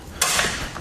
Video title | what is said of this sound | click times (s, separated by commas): etrailer - Test Fit: Swagman Current Bike Rack for 2 Electric Bikes on a 2007 Honda Pilot | and that means it's locked back into place | 0.2 s